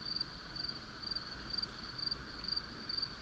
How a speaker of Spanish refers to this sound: Hay un cantar de chicharras enardecidas que acompaña tus pasos hasta la cama.